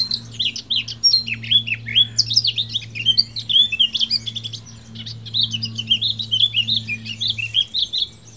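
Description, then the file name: Eurasian blackcap warbling continuously in quick, tumbling phrases of rising and falling notes, with a constant low hum underneath. "Sylvia atricapilla"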